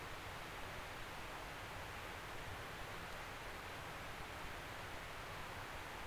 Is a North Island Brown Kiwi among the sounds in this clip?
no